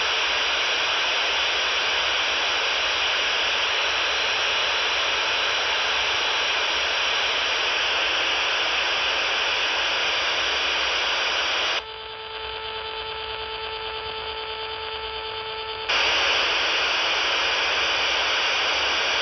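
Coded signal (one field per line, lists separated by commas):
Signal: radar signal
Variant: over-the-horizon radar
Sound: harsh wideband rasping hiss, then about four seconds of a steady buzzing horn tone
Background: radio static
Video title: Over The Horizon Radar 31.000 MHz OTH Radar “Horn” or “Buzzer” Sound 80 kHz Wide VHF Low Band Radar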